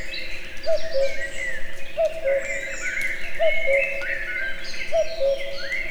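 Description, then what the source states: Four evenly spaced cuckoo calls, each a clear higher note dropping to a lower one, set against a dense background of twittering small birds. Natural outdoor recording near a tourist house at Eger, with the cuckoo heard both far and near.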